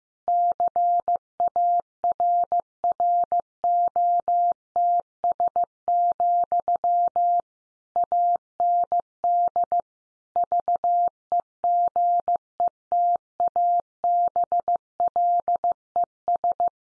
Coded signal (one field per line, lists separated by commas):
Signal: Morse code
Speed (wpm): 15 wpm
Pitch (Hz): 700 Hz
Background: none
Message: CARROTS, AND VEGETABLES